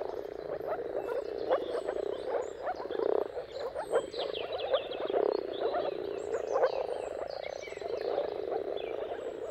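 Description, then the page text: A dense moor frog chorus of low bubbling calls swells and fades slightly, with faint high bird notes in the background. Mating calls of a moor frog chorus at sunrise, heard at the turn of March and April depending on the weather. "Jakub-Orzecki moor frogs. Dawn’s Chorus: Mating Calls of Marsh Frogs at Sunrise - wp.earth.fm. Depending on the weather at the turn of March and April, you can witness an amazing spectacle of moor frogs"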